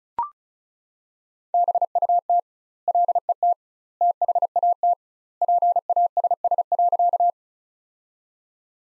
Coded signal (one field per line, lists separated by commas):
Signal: Morse code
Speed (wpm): 34 wpm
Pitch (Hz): 700 Hz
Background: none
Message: BUT LET THAT PASS.